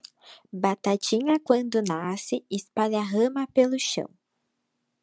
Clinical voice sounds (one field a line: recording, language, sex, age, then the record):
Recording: short text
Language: Brazilian Portuguese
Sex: female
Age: 20 to 29 years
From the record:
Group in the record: control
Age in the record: 26 years